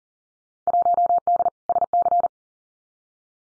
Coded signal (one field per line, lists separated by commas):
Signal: Morse code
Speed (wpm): 42 wpm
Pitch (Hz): 700 Hz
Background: none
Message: 1D SC